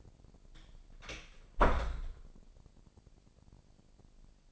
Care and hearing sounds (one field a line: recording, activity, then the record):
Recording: daily activity, microphone in the room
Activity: close door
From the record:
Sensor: 5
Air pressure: 1012.4 hPa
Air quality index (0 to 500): 157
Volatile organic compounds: 2 ppm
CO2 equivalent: 1074 ppm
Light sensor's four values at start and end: 263/639/269/296 and 257/623/263/289